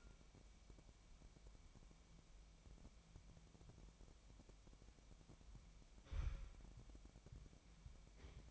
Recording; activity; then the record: daily activity, microphone in the room; wipe stove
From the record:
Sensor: 1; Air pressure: 1003.3 hPa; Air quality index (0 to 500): 199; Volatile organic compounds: 6 ppm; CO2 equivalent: 1908 ppm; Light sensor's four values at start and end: 8/19/8/9 and 8/19/8/9